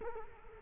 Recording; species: mosquito wingbeat signal from an infrared sensor; Culex quinquefasciatus